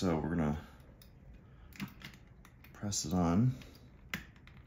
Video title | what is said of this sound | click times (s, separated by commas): HOW TO: Replace Rotary Beacon Light Bulb in Athearn HO Scale MP15 | Snaps in place. | 4.1 s